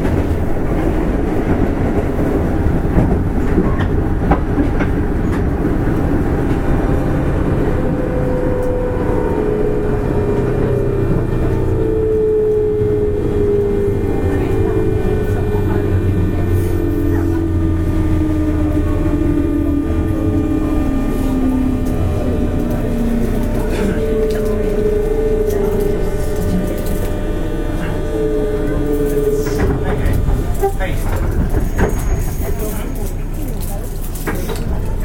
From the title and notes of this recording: JR西日本 201系 大阪環状線外回り 大阪から天王寺まで. It is running noise of 201 series trains of JR West Japan. I recorded on a local train at Osaka loop line. The section is from Osaka to Tennoji.